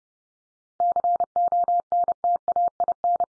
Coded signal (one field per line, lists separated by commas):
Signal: Morse code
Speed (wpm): 30 wpm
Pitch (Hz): 700 Hz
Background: none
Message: CONTAIN